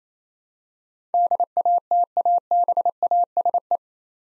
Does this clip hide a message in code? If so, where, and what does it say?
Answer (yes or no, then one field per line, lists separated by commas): yes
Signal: Morse code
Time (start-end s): 1.1-3.8 s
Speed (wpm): 28 wpm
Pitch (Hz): 700 Hz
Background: none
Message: DATABASE